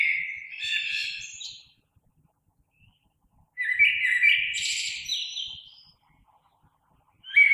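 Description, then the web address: Common blackbird singing mellow warbled phrases with thin high twitters at the end, separated by silent pauses of about two seconds. Recorded 3 March 2020. "oiseaux Merle 2020 03 03"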